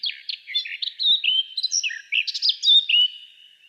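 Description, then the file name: Eurasian blackcap singing a quick, varied warble that mixes scratchy notes and short fluty whistles, ending in a fading, drawn-out tone. "Sylvia atricapilla"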